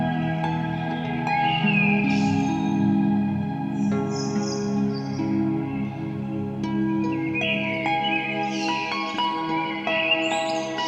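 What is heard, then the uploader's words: Harp notes ring out in sustained, overlapping tones, with fresh plucks around four and seven seconds and a flurry of higher notes near the end. Above them, birds call and whistle in bright bursts, clustering around two, five and eight to ten seconds. Harp With Blackbirds & Seagulls. The birdsong was recorded by me, out of my window, at 3 am in Glasgow City, a couple of years ago.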